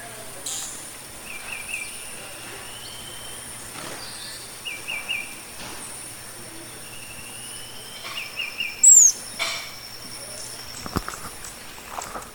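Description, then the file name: Violet-bellied hummingbird calls: short high twittering phrases at irregular intervals and one loud, sharply descending squeak later on, over steady background hiss and a few clicks. "Violet-bellied Hummingbird (Damophila julie)"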